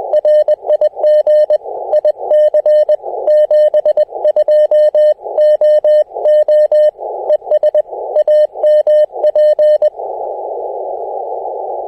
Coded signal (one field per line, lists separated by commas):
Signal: Morse code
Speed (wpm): 21 wpm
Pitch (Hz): 600 Hz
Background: radio noise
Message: RIG IC 72 O O ES AMP